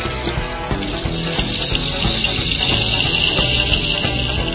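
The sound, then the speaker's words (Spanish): A rainstick's seeds pour in a steady, dense rattling trickle that sounds like running water, holding loud and continuous for the whole stretch, with low muffled tones thumping underneath. “Efecto palo de agua, norteño. Se está acabando el agua, palo.”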